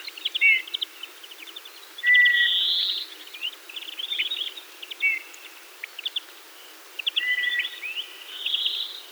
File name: Pyrrhula pyrrhula